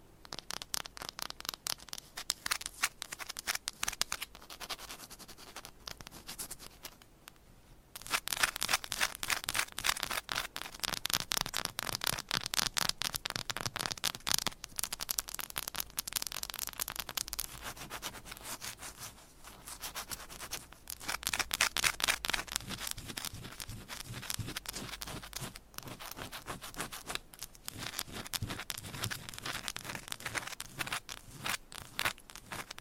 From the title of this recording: ASMR Fast & Aggressive Tapping & Scratching with Different Mics Items & Nails